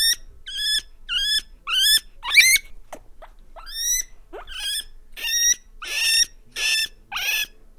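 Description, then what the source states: Guinea pig giving shrill rising squeaks in quick succession, some harsher and louder toward the end. Farmyard.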